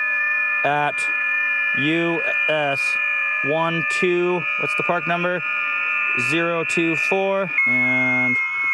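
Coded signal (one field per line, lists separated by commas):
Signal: FT8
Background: speech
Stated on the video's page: FT8 signal from a Parks on the Air activation.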